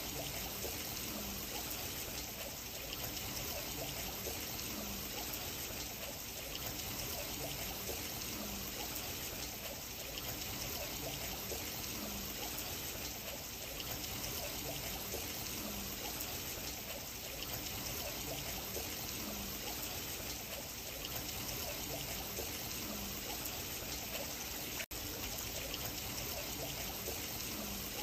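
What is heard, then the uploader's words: Water trickles and dribbles steadily, a dense, even burble with faint regular low pulses and a brief click near the end. Water sounds (no talking).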